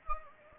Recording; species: mosquito wingbeat signal from an infrared sensor; Anopheles gambiae